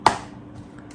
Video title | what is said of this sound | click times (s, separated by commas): Xiaomi Mi Pad 5 / Xiaomi Pad 5 and Keyboard Case Unboxing and Initial Impressions | and you can see it locks in | 0.1 s